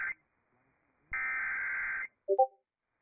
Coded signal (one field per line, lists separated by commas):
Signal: Emergency Alert System (SAME) tones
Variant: header bursts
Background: speech